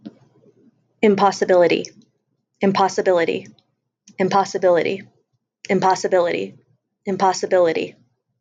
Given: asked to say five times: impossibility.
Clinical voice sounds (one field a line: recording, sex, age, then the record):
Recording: repeated word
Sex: female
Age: 30 to 39 years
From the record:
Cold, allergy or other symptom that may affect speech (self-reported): no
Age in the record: 32 years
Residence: Ohio, United States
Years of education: 15